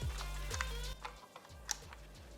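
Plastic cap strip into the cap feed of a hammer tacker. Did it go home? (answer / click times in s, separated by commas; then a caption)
yes / 1.7 s. A plastic cap strip is fed up underneath the staple track into the cap feed of a Stinger cap hammer tacker and pushed until it gets hard, with light music playing underneath. Soft plastic ticks sound as it slides in, then a sharp little click at 1.7 s shows the strip has seated.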